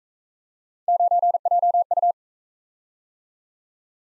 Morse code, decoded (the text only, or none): 9JU